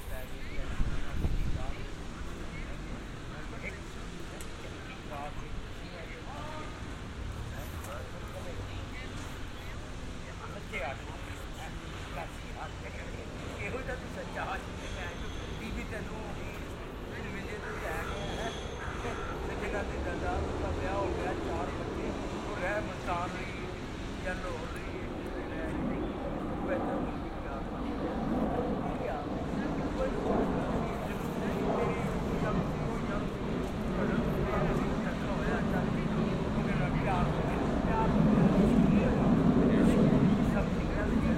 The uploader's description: A binaural field recording from this past June in Amsterdam